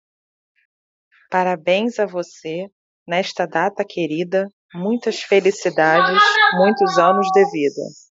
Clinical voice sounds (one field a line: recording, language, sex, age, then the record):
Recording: short text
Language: Brazilian Portuguese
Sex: female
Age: 30 to 39 years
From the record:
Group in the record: control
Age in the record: 39 years